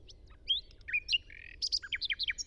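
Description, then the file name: Common nightingale song: a varied phrase of sharp slurred whistles and a brief buzzy note, then a quick series of loud, rising and falling repeated notes. "Luscinia megarhynchos"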